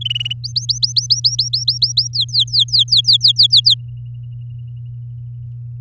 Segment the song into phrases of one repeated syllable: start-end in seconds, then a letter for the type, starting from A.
0.01-0.33 A, 0.44-2.08 B, 2.13-3.74 C